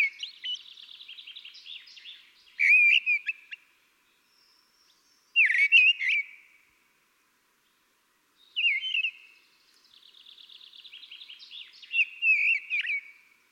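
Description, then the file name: Common blackbird delivering rich whistled phrases broken by short squeaky flourishes and stretches of soft rapid twittering notes. "Turdus merula"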